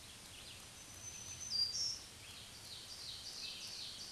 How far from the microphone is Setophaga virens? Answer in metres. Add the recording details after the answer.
about 25 m. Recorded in a Pennsylvania forest on 1 June 2023 at 07:01. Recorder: AudioMoth, point grid3_17_high. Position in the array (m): 220 m, 140 m